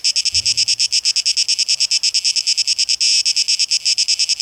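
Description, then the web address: A cicada's pulsed shrill buzz repeating quickly and evenly, with a soft low thump early on and a brief surge in loudness near three seconds. Recorded 12 August 2023; tape echo mix. "rauschpartikel Audio 2023-08-12 Zikaden"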